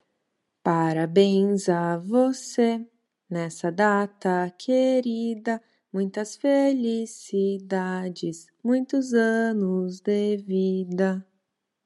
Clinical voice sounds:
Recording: short text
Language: Brazilian Portuguese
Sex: female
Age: 20 to 29 years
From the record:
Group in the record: control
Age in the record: 22 years

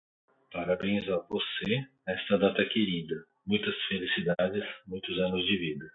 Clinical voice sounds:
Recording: short text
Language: Brazilian Portuguese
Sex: male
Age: 40 to 49 years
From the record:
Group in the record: control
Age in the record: 46 years

